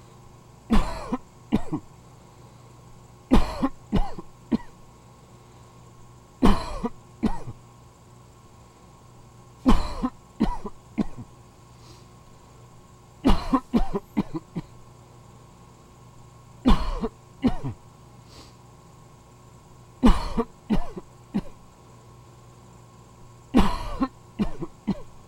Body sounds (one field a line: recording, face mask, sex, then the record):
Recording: voluntary coughing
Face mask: surgical mask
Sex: male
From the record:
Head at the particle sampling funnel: tilted down, bridge of the nose in front of it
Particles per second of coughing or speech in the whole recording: 6.51